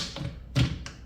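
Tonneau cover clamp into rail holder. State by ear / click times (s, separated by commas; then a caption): seated / 0.9 s. The second clamp of a BAKFLIP MX4 Gen 3 tonneau truck bed cover is pushed into the holder on the bed cover rail, with a few soft knocks and a louder thump before a single sharp click at 0.9 s. The clamp is now seated and locked in place.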